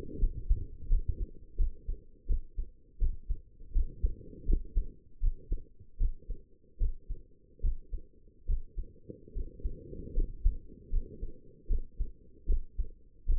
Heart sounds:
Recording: heart sounds by stethoscope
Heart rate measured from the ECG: 78 bpm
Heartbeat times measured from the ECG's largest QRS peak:
0.18 s: heartbeat
0.87 s: heartbeat
1.56 s: heartbeat
2.26 s: heartbeat
2.98 s: heartbeat
3.72 s: heartbeat
4.45 s: heartbeat
5.20 s: heartbeat
5.97 s: heartbeat
6.77 s: heartbeat
7.60 s: heartbeat
8.45 s: heartbeat
9.32 s: heartbeat
10.13 s: heartbeat
10.89 s: heartbeat
11.67 s: heartbeat
12.45 s: heartbeat
13.25 s: heartbeat
From the record:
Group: healthy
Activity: rest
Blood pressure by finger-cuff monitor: 104/69 mmHg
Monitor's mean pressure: 79 mmHg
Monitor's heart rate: 80 bpm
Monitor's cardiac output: 5.9 L/min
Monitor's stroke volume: 74 mL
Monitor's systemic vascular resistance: 990 dyn s/cm5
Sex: female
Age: 22 years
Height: 160 cm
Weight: 45 kg

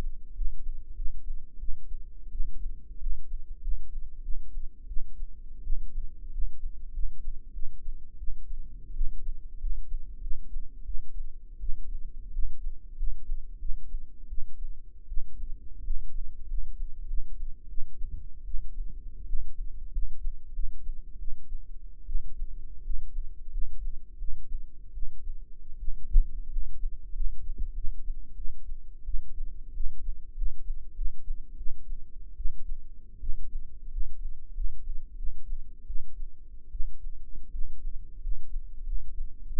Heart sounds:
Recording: heart sounds by microphone in the right ear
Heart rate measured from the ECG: 87 bpm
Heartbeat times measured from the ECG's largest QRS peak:
0.34 s: heartbeat
0.94 s: heartbeat
1.58 s: heartbeat
2.30 s: heartbeat
2.99 s: heartbeat
3.60 s: heartbeat
4.21 s: heartbeat
4.86 s: heartbeat
5.62 s: heartbeat
6.30 s: heartbeat
6.92 s: heartbeat
7.52 s: heartbeat
8.17 s: heartbeat
8.93 s: heartbeat
9.58 s: heartbeat
10.20 s: heartbeat
10.84 s: heartbeat
11.59 s: heartbeat
12.31 s: heartbeat
12.95 s: heartbeat
13.58 s: heartbeat
14.28 s: heartbeat
15.07 s: heartbeat
15.82 s: heartbeat
16.46 s: heartbeat
17.06 s: heartbeat
17.67 s: heartbeat
18.44 s: heartbeat
19.25 s: heartbeat
19.91 s: heartbeat
20.52 s: heartbeat
21.17 s: heartbeat
22.05 s: heartbeat
22.82 s: heartbeat
23.50 s: heartbeat
24.17 s: heartbeat
24.92 s: heartbeat
25.78 s: heartbeat
26.49 s: heartbeat
27.13 s: heartbeat
27.73 s: heartbeat
28.34 s: heartbeat
29.04 s: heartbeat
29.72 s: heartbeat
30.34 s: heartbeat
30.94 s: heartbeat
31.55 s: heartbeat
32.35 s: heartbeat
33.19 s: heartbeat
33.89 s: heartbeat
34.53 s: heartbeat
35.15 s: heartbeat
35.85 s: heartbeat
36.70 s: heartbeat
37.50 s: heartbeat
38.20 s: heartbeat
38.83 s: heartbeat
39.46 s: heartbeat
From the record:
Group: healthy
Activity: rest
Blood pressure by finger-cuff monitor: 130/90 mmHg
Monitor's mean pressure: 102 mmHg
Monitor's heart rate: 91 bpm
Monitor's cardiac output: 6.4 L/min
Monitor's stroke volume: 73 mL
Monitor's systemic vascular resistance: 1190 dyn s/cm5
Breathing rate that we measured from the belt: 17 breaths a minute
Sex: male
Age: 21 years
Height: 180 cm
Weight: 67.5 kg

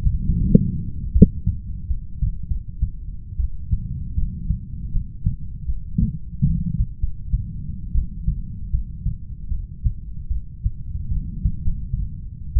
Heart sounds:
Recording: heart sounds by stethoscope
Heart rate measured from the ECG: 78 bpm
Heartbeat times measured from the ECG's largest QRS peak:
0.24 s: heartbeat
1.14 s: heartbeat
1.88 s: heartbeat
2.47 s: heartbeat
3.37 s: heartbeat
4.15 s: heartbeat
4.92 s: heartbeat
5.66 s: heartbeat
6.43 s: heartbeat
6.99 s: heartbeat
7.93 s: heartbeat
8.71 s: heartbeat
9.50 s: heartbeat
10.29 s: heartbeat
11.09 s: heartbeat
11.62 s: heartbeat
12.54 s: heartbeat
From the record:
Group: heart failure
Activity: rest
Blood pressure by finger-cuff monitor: 82/52 mmHg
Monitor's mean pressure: 62 mmHg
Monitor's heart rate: 74 bpm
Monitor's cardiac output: 6.7 L/min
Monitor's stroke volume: 83 mL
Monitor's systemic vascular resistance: 640 dyn s/cm5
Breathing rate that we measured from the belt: 17 breaths a minute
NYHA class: 1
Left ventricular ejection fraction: 39%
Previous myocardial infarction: absent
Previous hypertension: present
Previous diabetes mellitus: absent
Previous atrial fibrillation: absent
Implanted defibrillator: absent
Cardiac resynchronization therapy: absent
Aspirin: absent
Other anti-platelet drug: absent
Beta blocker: carvedilol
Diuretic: furosemide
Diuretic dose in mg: 20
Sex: male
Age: 60 years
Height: 178 cm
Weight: 62 kg

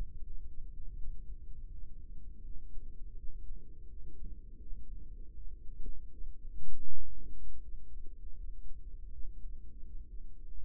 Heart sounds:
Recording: heart sounds by microphone in the right ear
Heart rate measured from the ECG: 82 bpm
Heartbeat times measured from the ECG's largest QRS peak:
0.25 s: heartbeat
0.96 s: heartbeat
1.71 s: heartbeat
2.44 s: heartbeat
3.17 s: heartbeat
3.89 s: heartbeat
4.60 s: heartbeat
5.34 s: heartbeat
6.10 s: heartbeat
6.85 s: heartbeat
7.61 s: heartbeat
8.37 s: heartbeat
9.11 s: heartbeat
9.84 s: heartbeat
10.54 s: heartbeat
From the record:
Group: healthy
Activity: rest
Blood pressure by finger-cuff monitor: 101/72 mmHg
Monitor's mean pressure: 83 mmHg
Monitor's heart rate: 82 bpm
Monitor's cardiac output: 7.4 L/min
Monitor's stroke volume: 90 mL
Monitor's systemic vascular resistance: 820 dyn s/cm5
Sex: male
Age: 57 years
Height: 188 cm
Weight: 106 kg

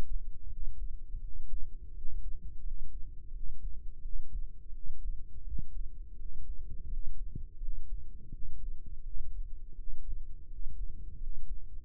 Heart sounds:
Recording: heart sounds by microphone in the left ear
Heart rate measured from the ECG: 85 bpm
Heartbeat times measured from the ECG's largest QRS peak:
0.49 s: heartbeat
1.21 s: heartbeat
1.93 s: heartbeat
2.63 s: heartbeat
3.32 s: heartbeat
4.02 s: heartbeat
4.72 s: heartbeat
5.44 s: heartbeat
6.17 s: heartbeat
6.88 s: heartbeat
7.60 s: heartbeat
8.31 s: heartbeat
9.03 s: heartbeat
9.75 s: heartbeat
10.48 s: heartbeat
11.18 s: heartbeat
11.72 s: heartbeat
From the record:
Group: healthy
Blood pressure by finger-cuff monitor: 94/53 mmHg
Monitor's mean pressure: 67 mmHg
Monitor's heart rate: 83 bpm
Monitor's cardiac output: 7.9 L/min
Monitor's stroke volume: 94 mL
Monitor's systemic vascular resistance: 590 dyn s/cm5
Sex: male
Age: 19 years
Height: 178 cm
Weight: 83 kg

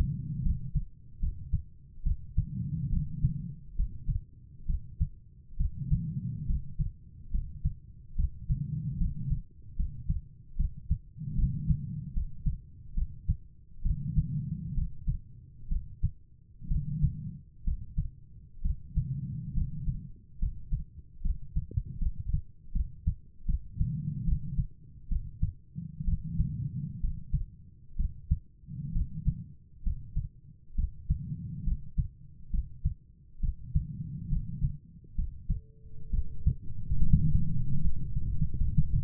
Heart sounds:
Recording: heart sounds by stethoscope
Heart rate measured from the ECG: 69 bpm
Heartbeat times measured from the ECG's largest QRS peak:
0.42 s: heartbeat
1.19 s: heartbeat
2.03 s: heartbeat
2.89 s: heartbeat
3.76 s: heartbeat
4.66 s: heartbeat
5.57 s: heartbeat
6.46 s: heartbeat
7.31 s: heartbeat
8.15 s: heartbeat
8.97 s: heartbeat
9.76 s: heartbeat
10.56 s: heartbeat
11.35 s: heartbeat
12.13 s: heartbeat
12.94 s: heartbeat
13.82 s: heartbeat
14.74 s: heartbeat
15.68 s: heartbeat
16.67 s: heartbeat
17.64 s: heartbeat
18.61 s: heartbeat
19.53 s: heartbeat
20.38 s: heartbeat
21.21 s: heartbeat
21.98 s: heartbeat
22.72 s: heartbeat
23.45 s: heartbeat
24.24 s: heartbeat
25.08 s: heartbeat
26.04 s: heartbeat
27.00 s: heartbeat
27.96 s: heartbeat
28.92 s: heartbeat
29.83 s: heartbeat
30.75 s: heartbeat
31.63 s: heartbeat
32.50 s: heartbeat
33.39 s: heartbeat
34.28 s: heartbeat
35.15 s: heartbeat
36.10 s: heartbeat
36.98 s: heartbeat
37.80 s: heartbeat
38.57 s: heartbeat
From the record:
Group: healthy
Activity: rest 0-36 s, light exercise 36-39 s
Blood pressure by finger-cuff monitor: 99/71 mmHg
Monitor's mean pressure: 81 mmHg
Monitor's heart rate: 68 bpm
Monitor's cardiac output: 5.1 L/min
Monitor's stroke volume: 72 mL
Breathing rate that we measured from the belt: 22 breaths a minute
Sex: female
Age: 32 years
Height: 172 cm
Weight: 71.7 kg

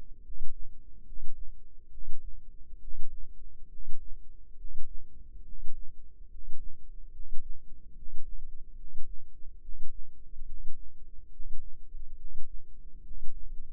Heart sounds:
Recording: heart sounds by microphone in the left ear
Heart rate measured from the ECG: 70 bpm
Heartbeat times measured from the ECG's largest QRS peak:
0.21 s: heartbeat
1.03 s: heartbeat
1.89 s: heartbeat
2.78 s: heartbeat
3.67 s: heartbeat
4.55 s: heartbeat
5.43 s: heartbeat
6.28 s: heartbeat
7.11 s: heartbeat
7.93 s: heartbeat
8.75 s: heartbeat
9.60 s: heartbeat
10.44 s: heartbeat
11.29 s: heartbeat
12.15 s: heartbeat
13.02 s: heartbeat
From the record:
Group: healthy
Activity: rest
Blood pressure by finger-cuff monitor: 117/73 mmHg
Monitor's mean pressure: 85 mmHg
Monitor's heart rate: 70 bpm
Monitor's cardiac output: 6.7 L/min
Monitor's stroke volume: 95 mL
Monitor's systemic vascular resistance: 930 dyn s/cm5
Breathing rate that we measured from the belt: 23 breaths a minute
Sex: male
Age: 35 years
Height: 180 cm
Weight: 86.9 kg

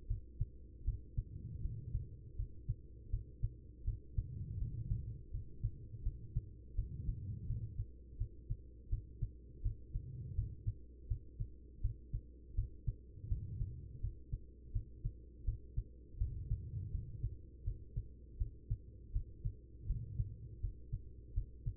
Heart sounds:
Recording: heart sounds by stethoscope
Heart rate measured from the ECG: 82 bpm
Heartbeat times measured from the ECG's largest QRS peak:
0.07 s: heartbeat
0.84 s: heartbeat
1.61 s: heartbeat
2.35 s: heartbeat
3.09 s: heartbeat
3.84 s: heartbeat
4.58 s: heartbeat
5.30 s: heartbeat
6.02 s: heartbeat
6.74 s: heartbeat
7.46 s: heartbeat
8.17 s: heartbeat
8.89 s: heartbeat
9.62 s: heartbeat
10.34 s: heartbeat
11.07 s: heartbeat
11.81 s: heartbeat
12.54 s: heartbeat
13.28 s: heartbeat
14.00 s: heartbeat
14.72 s: heartbeat
15.44 s: heartbeat
16.17 s: heartbeat
16.90 s: heartbeat
17.63 s: heartbeat
18.37 s: heartbeat
19.12 s: heartbeat
19.86 s: heartbeat
20.60 s: heartbeat
21.33 s: heartbeat
From the record:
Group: healthy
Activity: cold pressor test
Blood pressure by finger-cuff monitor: 121/82 mmHg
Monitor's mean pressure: 96 mmHg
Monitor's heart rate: 82 bpm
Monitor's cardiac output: 5.6 L/min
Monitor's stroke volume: 69 mL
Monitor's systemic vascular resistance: 1270 dyn s/cm5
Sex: female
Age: 43 years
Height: 160 cm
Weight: 90 kg

